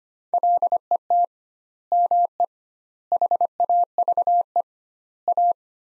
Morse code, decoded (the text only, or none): LET ME HAVE A